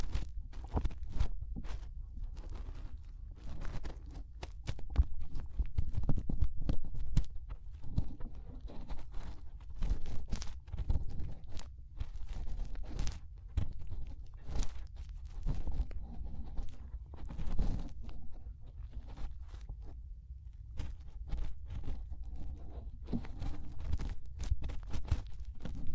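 Fingers rub and press inside an ear, making a dense run of muffled thumps and scratchy crackles. The low rumble stays constant while sharp clicks and scrapes come irregularly, several per second, with brief quieter gaps around the twentieth second.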